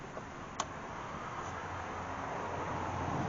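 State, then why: Seated. A plastic quarter-turn fastener is turned into the engine air filter box cover while the cover is reinstalled on a Mercedes GLK 250 diesel. A single short, sharp click at 0.6 s stands out over a steady hiss that slowly grows louder. The fastener clicks in and is seated.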